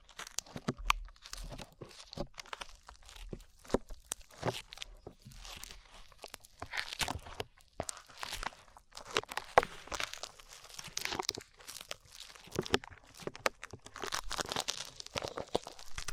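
Slime being squished and pulled makes a continuous run of sticky, crackling pops and tearing smacks. The bursts come quickly and irregularly throughout the sixteen seconds, each one brief and bright, with short quieter gaps between clusters.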